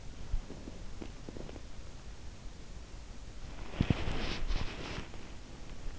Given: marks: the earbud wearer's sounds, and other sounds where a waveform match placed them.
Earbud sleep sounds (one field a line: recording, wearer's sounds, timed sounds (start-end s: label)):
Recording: sounds in sleep by an in-ear microphone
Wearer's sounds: body movement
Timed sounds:
0.00-1.73 s: body movement
3.65-5.14 s: body movement